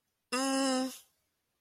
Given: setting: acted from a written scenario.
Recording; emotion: vocal sound without words; confusion